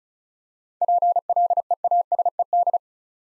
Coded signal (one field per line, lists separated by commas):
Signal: Morse code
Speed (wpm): 36 wpm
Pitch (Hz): 700 Hz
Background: none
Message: PLEASED